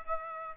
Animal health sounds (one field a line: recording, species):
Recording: mosquito wingbeat signal from an infrared sensor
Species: Aedes aegypti